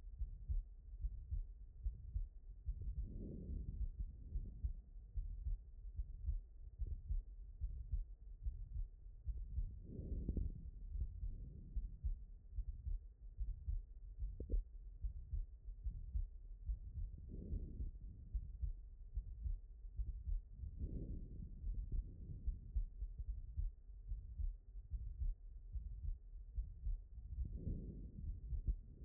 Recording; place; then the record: heart sounds by stethoscope; aortic valve (AV)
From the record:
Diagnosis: HFrEF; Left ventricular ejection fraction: 21%